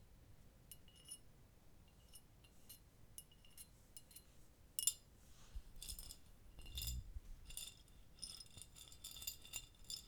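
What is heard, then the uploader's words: Small dry ticks and light scrapes of wooden matches against glass. The taps come sparse at first, with a sharp clink near five seconds, then grow busier and rattlier toward the end over a soft low rumble. Hey there, I just got a new microphone: the Blue Yeti. Wooden matches and glass.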